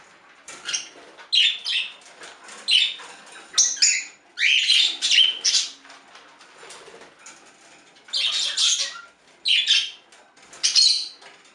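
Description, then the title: Budgerigar chatter in scattered bursts of high, squeaky chirps and scratchy notes with brief quiet gaps between them. "Budgie Sounds"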